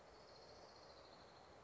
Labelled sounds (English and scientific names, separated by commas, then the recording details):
Orange-crowned Warbler (Leiothlypis celata)
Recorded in Sonoma County, California